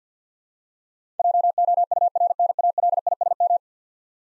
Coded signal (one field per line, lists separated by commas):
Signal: Morse code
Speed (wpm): 50 wpm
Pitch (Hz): 700 Hz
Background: none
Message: JOURNALISM